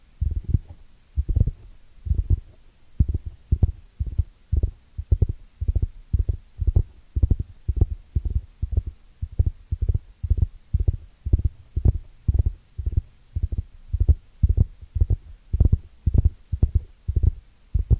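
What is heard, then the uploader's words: Ear cleaning sounds come through as muffled low thumps repeating steadily about every half second, like a dull heartbeat throughout. ASMR 10 Sleep Inducing Ear Cleaning Triggers with Brain Penetration (No Talking).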